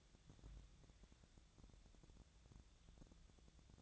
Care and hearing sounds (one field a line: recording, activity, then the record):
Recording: daily activity, microphone in the room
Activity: take from stove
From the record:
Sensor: 3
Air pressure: 1000.0 hPa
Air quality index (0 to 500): 124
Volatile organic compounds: 2 ppm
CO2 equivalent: 1116 ppm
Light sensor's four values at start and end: 47/117/51/56 and 47/117/51/56